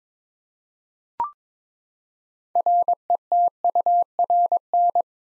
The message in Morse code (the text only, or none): RETURN